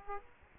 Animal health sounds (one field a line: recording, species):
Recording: mosquito wingbeat signal from an infrared sensor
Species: Aedes aegypti